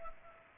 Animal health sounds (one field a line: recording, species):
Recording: mosquito wingbeat signal from an infrared sensor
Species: Culex pipiens